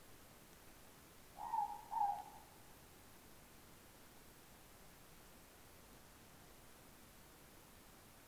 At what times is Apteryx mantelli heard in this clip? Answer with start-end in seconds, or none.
none